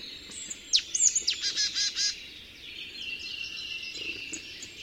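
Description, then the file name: Marsh tit call: quick high sharp notes followed by six rasping, buzzy notes in rapid succession, then softer twittering. "Poecile palustris"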